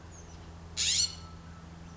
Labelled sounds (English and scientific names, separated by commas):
California Scrub-Jay (Aphelocoma californica)